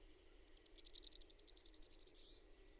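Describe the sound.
Bird song: a high, clean trill of short notes rising steadily in pitch for about two seconds, ending on a slightly longer note; otherwise silent.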